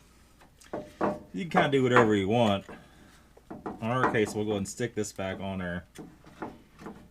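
A plastic wiring harness connector is handled as it is pushed back onto the alternator of a 2000–2006 Toyota Tundra/Sequoia 2UZ-FE 4.7L during alternator reinstallation, while someone talks. Only a few soft handling taps are heard. Nothing has seated or clicked yet.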